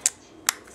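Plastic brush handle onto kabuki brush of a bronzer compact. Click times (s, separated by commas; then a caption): 0.1 s, 0.5 s. A plastic brush handle is pushed down onto the built-in kabuki brush of a bronzer compact. Two sharp plastic clicks sound at 0.1 s and 0.5 s, followed by a faint softer knock near 0.7 s. The handle locks into place.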